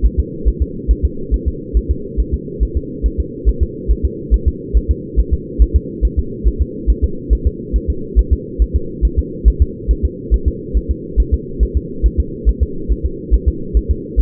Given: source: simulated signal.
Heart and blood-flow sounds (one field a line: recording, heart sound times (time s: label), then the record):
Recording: fetal heart sounds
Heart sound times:
0.06 s: S1
0.19 s: S2
0.48 s: S1
0.62 s: S2
0.91 s: S1
1.05 s: S2
1.34 s: S1
1.48 s: S2
1.77 s: S1
1.91 s: S2
2.20 s: S1
2.34 s: S2
2.63 s: S1
2.77 s: S2
3.06 s: S1
3.20 s: S2
3.49 s: S1
3.63 s: S2
3.91 s: S1
4.05 s: S2
4.34 s: S1
4.48 s: S2
4.77 s: S1
4.91 s: S2
5.19 s: S1
5.34 s: S2
5.62 s: S1
5.76 s: S2
6.05 s: S1
6.19 s: S2
6.48 s: S1
6.62 s: S2
6.90 s: S1
7.04 s: S2
7.33 s: S1
7.47 s: S2
7.76 s: S1
7.90 s: S2
8.19 s: S1
8.33 s: S2
8.62 s: S1
8.76 s: S2
9.05 s: S1
9.19 s: S2
9.48 s: S1
9.62 s: S2
9.91 s: S1
10.05 s: S2
10.34 s: S1
10.48 s: S2
10.77 s: S1
10.91 s: S2
11.20 s: S1
11.34 s: S2
11.63 s: S1
11.77 s: S2
12.06 s: S1
12.20 s: S2
12.49 s: S1
12.63 s: S2
12.92 s: S1
13.06 s: S2
13.34 s: S1
13.48 s: S2
13.77 s: S1
13.91 s: S2
14.20 s: S1
From the record:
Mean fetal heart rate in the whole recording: 140 bpm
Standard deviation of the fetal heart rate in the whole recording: 2 bpm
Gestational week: 34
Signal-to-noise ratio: -4.3 dB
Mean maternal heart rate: 72 bpm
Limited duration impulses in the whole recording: absent